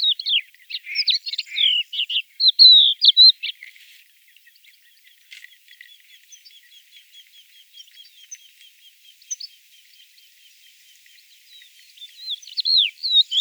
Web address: galerida cristata call